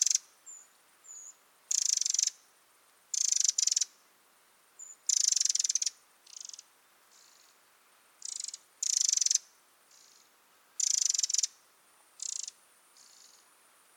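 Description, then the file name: Eurasian wren giving harsh, dry rattling bursts of varying length, repeated irregularly, with softer rattles between the loud ones. "Troglodytes troglodytes"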